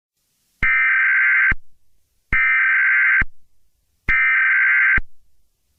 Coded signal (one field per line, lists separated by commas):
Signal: Emergency Alert System (SAME) tones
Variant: header bursts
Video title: Demogorgon Attack on New Year's Eve: EAS Scenario Simulation #easscenario #strangerthings